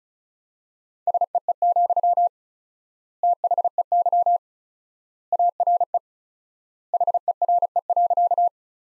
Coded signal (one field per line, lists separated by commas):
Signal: Morse code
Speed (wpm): 36 wpm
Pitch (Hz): 700 Hz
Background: none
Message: SEE, THEY ARE HERE.